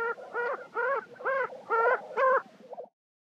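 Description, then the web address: Lesser prairie-chicken calling: six hoarse, arched notes repeated about every half second, then a short trailing note. "Songs of Birds of North America Western USA Songbirds. Lesser Prairie-chicken"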